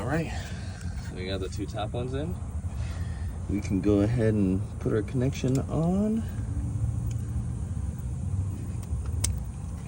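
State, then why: Seated. A plastic wiring harness connector is pushed onto the electrical socket of the AC compressor on a 2013 Honda Accord 2.4 while someone talks over a low background rumble. Small handling sounds follow, and then the connector's latch clicks sharply at 9.2 s. It is seated and locked in.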